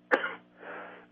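One abrupt, forceful cough from an adult man, followed by a softer, breathy exhalation lasting about half a second. It is a single plain cough with no wheeze or stridor. A low, steady electrical hum runs underneath.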